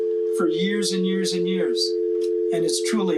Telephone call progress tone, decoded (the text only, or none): dial tone